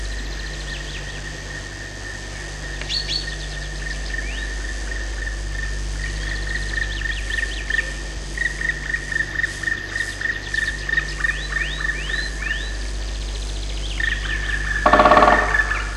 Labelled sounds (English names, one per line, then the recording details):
Black Woodpecker
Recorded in the wild
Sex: pair
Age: adult
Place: Dürrbach, Sachsen, DE
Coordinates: 51.3583, 14.6164
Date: 1957-04-28
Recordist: Meyer, Hugo